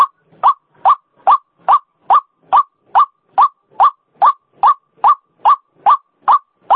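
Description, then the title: White-breasted waterhen repeating a single note very steadily, a little over two each second, throughout. Female call, used as a lure sound. "Suara Pikat Ruak Ruak Betina"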